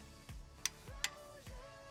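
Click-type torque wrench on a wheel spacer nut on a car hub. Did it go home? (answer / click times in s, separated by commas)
yes / 0.7 s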